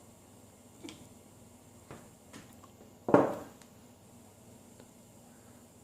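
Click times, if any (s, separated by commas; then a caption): 3.1 s. The bolt of a vz.61 Skorpion machine pistol is cycled back again after a few faint handling taps, and the metal bolt catch engages it with a sharp clack at 3.1 s. The catch holds the bolt back, locked in place.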